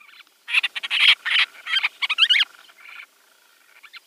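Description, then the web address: Madeiran storm petrel calling with a fast series of raspy pulses for about two seconds, then a few fainter notes trailing off. "Schulze Peter Madeiran Storm Petrel"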